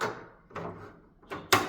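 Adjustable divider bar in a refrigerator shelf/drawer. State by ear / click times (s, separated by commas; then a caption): seated / 1.5 s. An adjustable divider bar in a refrigerator shelf or drawer is pushed into its locking position. After a soft burst at the start and a couple of quieter knocks and slides, it locks with a sharp click at 1.5 s. The bar is confirmed locked and no longer moves.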